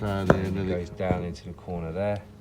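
Someone talks while the wiring harness is fed down into the corner during a DSG mechatronic unit refit on an Audi TT 3.2 mk1 gearbox. A few short taps and knocks are heard under the speech. The harness connector/clip has not been pushed into the gearbox mechatronic housing yet, so nothing has seated or clicked.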